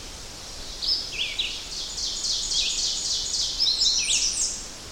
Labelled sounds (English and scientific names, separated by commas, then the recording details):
Ovenbird (Seiurus aurocapilla) song
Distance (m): 35 m
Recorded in boreal forest in Alberta, Canada, on 10 June 2016 at 06:53
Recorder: SongMeter 3, array SBT-3-39
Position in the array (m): 196 m, 89 m
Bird 17